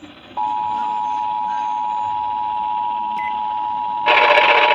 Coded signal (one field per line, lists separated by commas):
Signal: Emergency Alert System (SAME) tones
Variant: 853 and 960 Hz attention tone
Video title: THANKSGIVING DAY EAS Alerts from 11/24/22 (EAS#50 & #58)